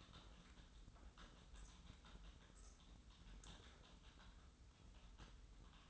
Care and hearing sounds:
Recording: daily activity, microphone in the room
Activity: typing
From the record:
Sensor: 3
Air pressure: 990.9 hPa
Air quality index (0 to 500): 139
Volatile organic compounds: 261 ppm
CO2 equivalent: 4388 ppm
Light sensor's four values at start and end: 36/87/35/34 and 36/87/35/34

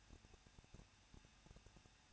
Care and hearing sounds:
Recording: daily activity, microphone in the room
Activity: no activity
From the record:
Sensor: 2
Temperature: 21.0 degrees Celsius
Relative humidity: 37.4%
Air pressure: 1006.2 hPa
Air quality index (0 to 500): 221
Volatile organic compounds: 24 ppm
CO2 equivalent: 2802 ppm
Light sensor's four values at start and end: 2/3/2/2 and 2/3/2/2

